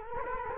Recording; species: mosquito wingbeat signal from an infrared sensor; Culex quinquefasciatus